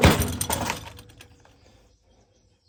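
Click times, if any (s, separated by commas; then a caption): none. While refitting the gear head on a Husqvarna 525L string trimmer, a metal threaded washer or nut with reversed threads is tried onto the gear head shaft, making a burst of metallic jangling and rattling over the first 0.8 seconds that fades away by about 2 seconds. The threads do not catch, and nothing has seated or clicked yet.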